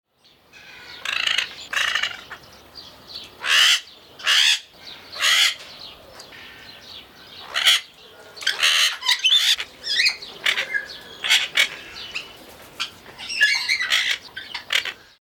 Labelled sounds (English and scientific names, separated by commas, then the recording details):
Golden-collared Macaw (Primolius auricollis)
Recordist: Tembrock, Günter
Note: Rufe